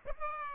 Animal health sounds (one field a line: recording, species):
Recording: mosquito wingbeat signal from an infrared sensor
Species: Aedes aegypti